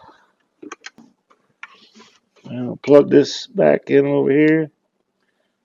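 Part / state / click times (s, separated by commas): wiring harness connector into its mating plug on an ATV / seated / 0.7 s, 0.9 s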